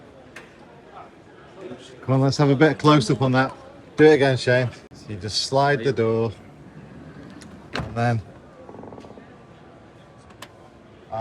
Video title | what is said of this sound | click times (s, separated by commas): October 2022 NEC Motorhome Show roundup | just such a nice little click at the end no more noisy switch buttons no | 10.4 s